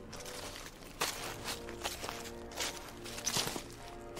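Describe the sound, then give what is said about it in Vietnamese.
Heavy footsteps thud over and over in an uneven rhythm, stomping without pause, with faint tonal hum running underneath and no talking. “Là tiếng bước chân giỏ dẫm vang lên không ngừng.”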